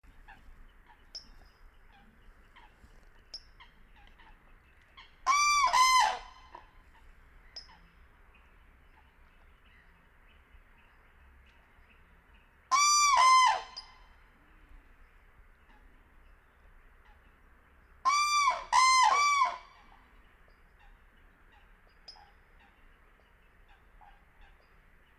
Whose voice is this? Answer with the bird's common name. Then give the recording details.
Common Crane. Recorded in the wild. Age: adult. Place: Kützerhof, Kummerower See, Mecklenburg-Vorpommern, DE. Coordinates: 53.8411, 12.8536. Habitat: wetland. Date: 2009-05-04 22:16. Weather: heiter, fast windstill, 6°C. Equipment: Sound Devices 702, Sennheiser MKH 70, Rycote Windschutz. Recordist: Frommolt, Karl-Heinz. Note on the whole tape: Rufe eines Kranichpaares, das durch Annäherung beunruhigt wurde. Im zweiten Teil der Aufnahme leise Kontaktlaute. Tiere wurden nicht gesehen, waren aber sehr nah. Sehr gute Aufnahmequalität